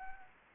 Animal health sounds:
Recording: mosquito wingbeat signal from an infrared sensor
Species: Anopheles arabiensis

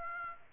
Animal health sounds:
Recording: mosquito wingbeat signal from an infrared sensor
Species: Aedes aegypti

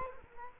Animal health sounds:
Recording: mosquito wingbeat signal from an infrared sensor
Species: Culex quinquefasciatus

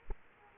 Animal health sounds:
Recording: mosquito wingbeat signal from an infrared sensor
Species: Aedes aegypti

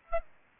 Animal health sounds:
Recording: mosquito wingbeat signal from an infrared sensor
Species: Aedes aegypti

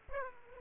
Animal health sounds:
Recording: mosquito wingbeat signal from an infrared sensor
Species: Aedes aegypti

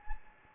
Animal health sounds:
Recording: mosquito wingbeat signal from an infrared sensor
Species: Anopheles gambiae

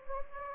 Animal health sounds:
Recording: mosquito wingbeat signal from an infrared sensor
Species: Anopheles gambiae

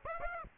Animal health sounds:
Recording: mosquito wingbeat signal from an infrared sensor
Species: Aedes aegypti

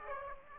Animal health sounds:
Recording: mosquito wingbeat signal from an infrared sensor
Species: Aedes aegypti

